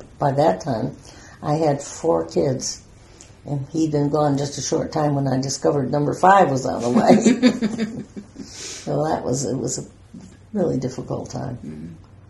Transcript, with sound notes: But by that time I had four kids and he'd been gone just a short time when I discovered number five was on the way. [laughter] So that was a really difficult time.